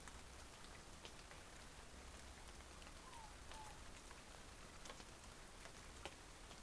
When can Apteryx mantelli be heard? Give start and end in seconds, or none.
none